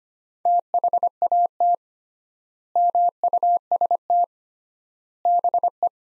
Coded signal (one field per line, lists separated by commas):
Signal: Morse code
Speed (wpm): 25 wpm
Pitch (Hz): 700 Hz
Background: none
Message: THAT MUST BE